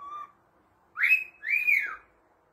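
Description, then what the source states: Cockatiel giving a short low whistle, then two longer rising-and-falling whistled notes. Several cockatiels singing and whistling.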